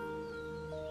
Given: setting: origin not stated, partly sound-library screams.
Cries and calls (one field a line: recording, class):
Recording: one-second piece from a danger detection set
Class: normal situation